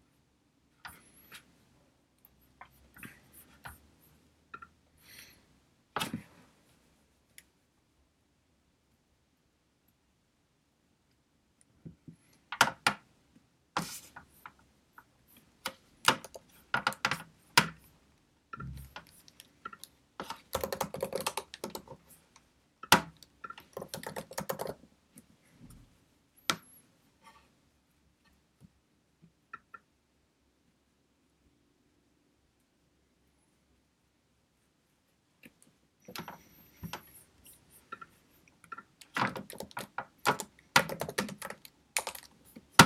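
Studying with a pencil and a computer: sharp clicks and taps of a keyboard and mouse come in scattered bursts, busiest around 13–26 seconds and again from 36 seconds on. Between bursts there are near-silent pauses, with a few isolated clicks early on.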